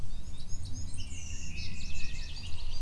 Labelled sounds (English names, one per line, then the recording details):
Song Thrush
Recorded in Germany
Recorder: ecoPi